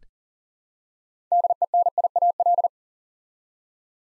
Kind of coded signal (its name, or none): Morse code